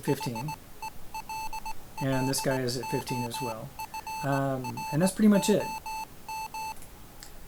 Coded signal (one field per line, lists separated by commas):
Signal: Morse code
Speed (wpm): 17 wpm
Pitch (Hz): 880 Hz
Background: speech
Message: HELLO FROM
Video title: Morse Code Auto Emitters